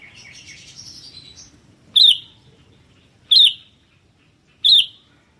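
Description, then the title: Sooty-headed bulbul giving three loud, sharp chirps about every 1.3 seconds, preceded by soft, thin warbling twitters. "kutilang"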